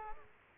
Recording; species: mosquito wingbeat signal from an infrared sensor; Aedes aegypti